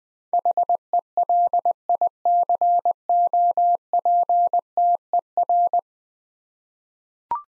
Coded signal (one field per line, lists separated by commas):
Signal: Morse code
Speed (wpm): 20 wpm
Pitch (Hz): 700 Hz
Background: none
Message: HELICOPTER